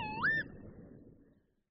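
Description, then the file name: Northern lapwing call, a single short slurred note that sweeps upward and then dips, followed by quiet. "Čejka-chocholatá"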